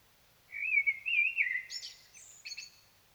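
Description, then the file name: Common blackbird, a smooth low fluted warble trailing into a thin high scratchy twitter with a few quick squeaky notes at the close. "Turdus merula"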